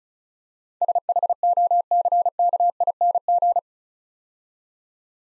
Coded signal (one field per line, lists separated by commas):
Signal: Morse code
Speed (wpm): 36 wpm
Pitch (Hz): 700 Hz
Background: none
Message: SHOCKING